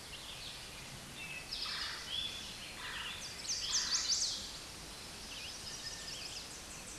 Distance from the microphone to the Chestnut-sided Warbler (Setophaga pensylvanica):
about 20 m